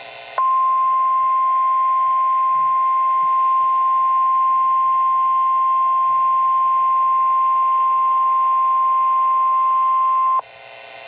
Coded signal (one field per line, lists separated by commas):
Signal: Emergency Alert System (SAME) tones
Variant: 1050 Hz attention tone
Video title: NOAA EAS Weather: Blizzard Warning & Winter Storm Warning, Massachusetts 02/07/16 (2 EAS Alerts)